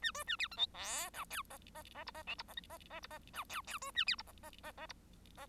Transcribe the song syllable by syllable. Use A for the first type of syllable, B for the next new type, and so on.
A B A C D E F G H I I I J I K J I I I J I G H H B A C J I I I I J